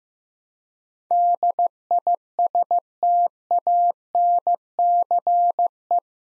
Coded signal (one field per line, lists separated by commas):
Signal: Morse code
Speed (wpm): 16 wpm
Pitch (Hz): 700 Hz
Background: none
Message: DISTANCE